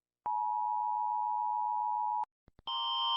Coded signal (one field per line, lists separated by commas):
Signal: Emergency Alert System (SAME) tones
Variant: 853 and 960 Hz attention tone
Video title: Rating eas alarms (Read DESC)